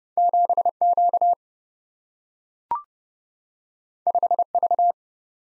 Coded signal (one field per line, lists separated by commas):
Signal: Morse code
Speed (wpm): 30 wpm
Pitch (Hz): 700 Hz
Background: none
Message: 7Q 5V